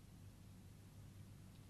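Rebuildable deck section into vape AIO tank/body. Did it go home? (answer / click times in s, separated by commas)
no / none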